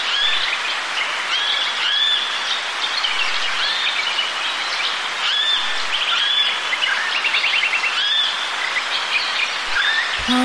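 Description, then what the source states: Bird chorus with overlapping chirps, short whistles and a brief rapid trill, heard over a constant soft wind hiss. Birds with gentle wind blowing.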